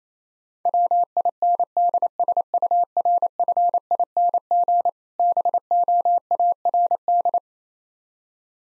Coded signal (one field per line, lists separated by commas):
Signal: Morse code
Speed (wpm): 28 wpm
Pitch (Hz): 700 Hz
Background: none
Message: WINDSURFING BOARD